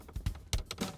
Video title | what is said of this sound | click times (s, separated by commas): ProClip USA Center Mount 2012 - 2016 Honda CR-V 854802 | you'll hear it click into place just like that | 0.5 s